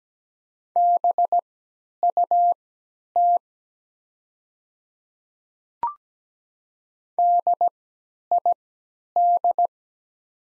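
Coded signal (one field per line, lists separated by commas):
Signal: Morse code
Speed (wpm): 17 wpm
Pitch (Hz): 700 Hz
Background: none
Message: BUT DID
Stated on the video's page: Morse practice sets of the top 100 words at 17 wpm with 3x character spacing, Farnsworth timing easing learners from nonstandard to standard timing.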